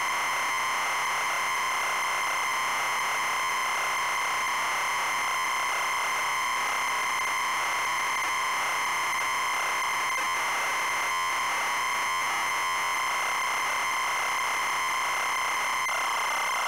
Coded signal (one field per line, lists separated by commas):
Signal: ZX Spectrum tape loading